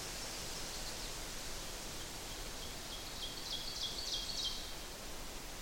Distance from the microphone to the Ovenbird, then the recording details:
about 55 m. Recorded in boreal forest in Alberta, Canada, on 8 June 2016 at 05:58. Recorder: SongMeter 3, array SBT-3-9. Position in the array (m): 97 m, 99 m. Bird 34